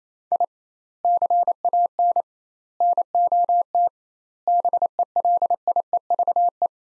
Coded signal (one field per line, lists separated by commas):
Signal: Morse code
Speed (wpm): 28 wpm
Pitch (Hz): 700 Hz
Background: none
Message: I CAN NOT BELIEVE